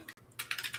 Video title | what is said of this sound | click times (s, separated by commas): May the 4th: Building BD-01 | it just snaps into place right there | 0.4 s, 0.5 s